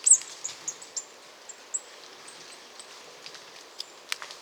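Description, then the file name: Marsh tit calls, a quick burst of thin high notes at the start, then scattered short chips and clicks over a faint steady background hiss. "Poecile palustris"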